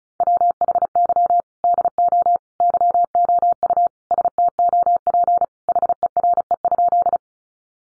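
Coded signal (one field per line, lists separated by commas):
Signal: Morse code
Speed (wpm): 34 wpm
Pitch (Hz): 700 Hz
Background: none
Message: WHY DO YOU STOP HERE?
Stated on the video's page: Sentences from the top 300 words sent in Morse at 35 wpm for head-copy practice, each sent, spoken, then sent again.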